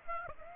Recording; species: mosquito wingbeat signal from an infrared sensor; Aedes aegypti